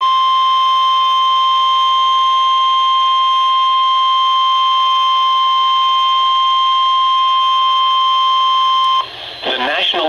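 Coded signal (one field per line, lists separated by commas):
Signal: Emergency Alert System (SAME) tones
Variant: 1050 Hz attention tone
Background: speech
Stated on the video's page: Severe Thunderstorm Warning received from NOAA Weather Radio station WXJ87, Madison, Wisconsin.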